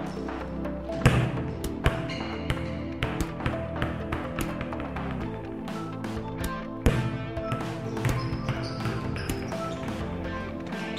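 A ball is spiked and bounced on a hard floor, with sharp smacks standing out near one second and again near seven seconds. Lighter thuds and taps follow irregularly throughout, over a steady low hum and a faint murmur of voices.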